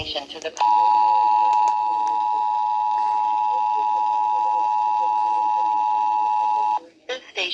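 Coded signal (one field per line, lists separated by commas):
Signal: Emergency Alert System (SAME) tones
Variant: 853 and 960 Hz attention tone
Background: speech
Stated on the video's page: EAS tests received on WLS.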